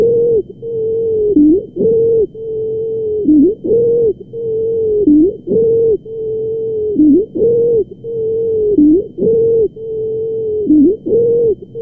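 A loud, high-pitched, musical tone rides on every breath. It has a long steady phase and a shorter, louder phase, repeating regularly at about 30 breath cycles a minute. This is stridor, the harsh noise of airflow through a narrowed upper airway.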